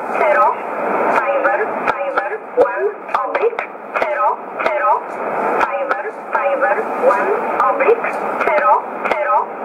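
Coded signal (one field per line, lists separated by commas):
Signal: numbers station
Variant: E11, English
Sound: a voice reading short, evenly paced words over a narrow, noisy shortwave channel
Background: radio static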